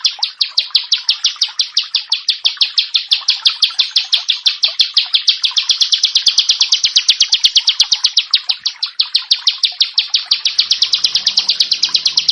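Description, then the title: Bar-winged prinia delivering a long, insistent run of sharp high chirps, tightly packed and slightly uneven in rhythm, without any break. "Ciblek Sawah"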